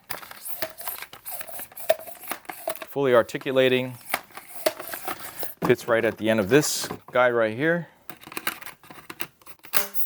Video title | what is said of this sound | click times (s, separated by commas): Dyson v11 Torque Drive - What You Get Unboxing | clicks in place pretty well | 9.8 s